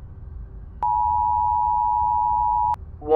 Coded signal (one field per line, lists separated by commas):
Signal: Emergency Alert System (SAME) tones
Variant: 853 and 960 Hz attention tone